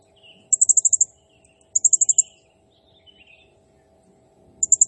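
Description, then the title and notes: Blue-crowned hanging parrot: rapid high trills of five or six clipped notes, with pauses of a second or more between, over a faint low steady hum. Energetic, vigorous singing used as a masteran (training sound) and lure for other birds. "Burung Serindit Nembak Gacor. Suara Nasteran Dan Pemikat Burung Serinditan Gacor"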